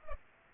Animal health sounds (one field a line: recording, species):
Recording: mosquito wingbeat signal from an infrared sensor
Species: Culex pipiens